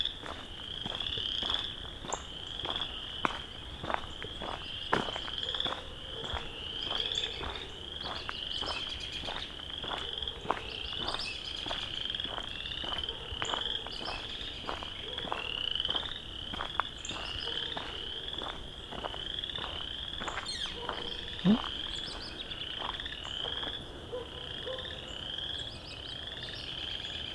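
A dense, unbroken chorus of countless chorus frogs trills steadily at a bright pitch, with sharp clicks and occasional lower croaks scattered throughout.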